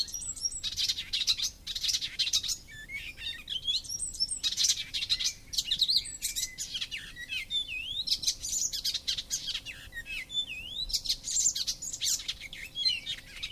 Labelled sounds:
Icterine Warbler (Hippolais icterina) song

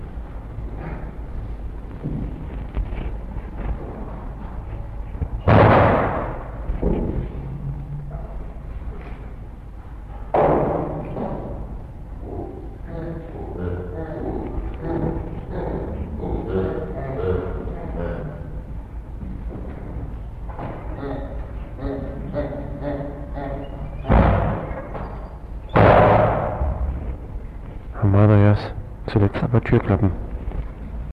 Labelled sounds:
Hamadryas Baboon (Papio hamadryas) call

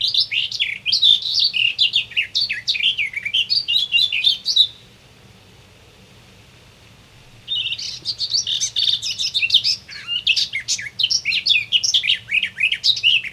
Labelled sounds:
Garden Warbler (Sylvia borin) song

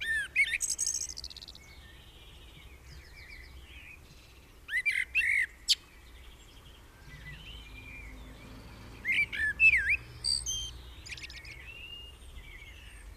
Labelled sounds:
Common Blackbird (Turdus merula) song

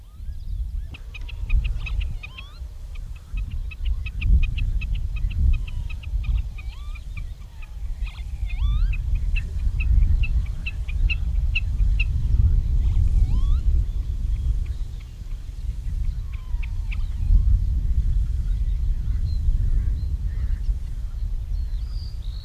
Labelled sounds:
Common Snipe (Gallinago gallinago)

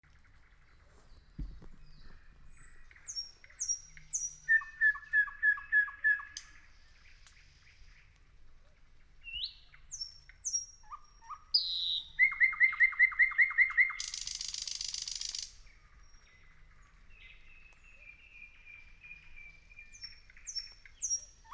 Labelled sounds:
Thrush Nightingale (Luscinia luscinia)

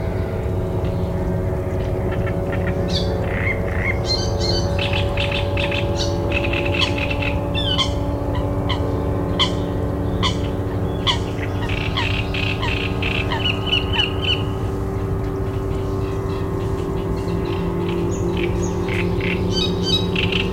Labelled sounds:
Great Reed Warbler (Acrocephalus arundinaceus)

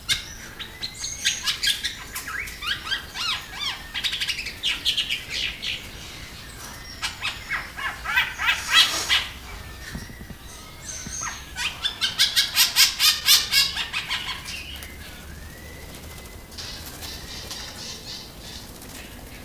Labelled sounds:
Trumpet Manucode (Phonygammus keraudrenii) call

